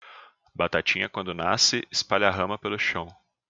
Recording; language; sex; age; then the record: short text; Brazilian Portuguese; male; 20 to 29 years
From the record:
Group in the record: control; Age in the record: 29 years